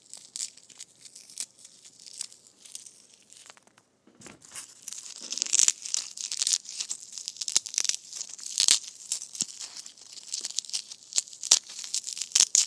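Foam balls being squished make a dense run of soft, crinkly squeaks and scrunches, mostly bright and hissy with little low end. The sounds come in irregular bursts, with a short pause near four seconds, then grow busier and louder with sharp spikes through the rest.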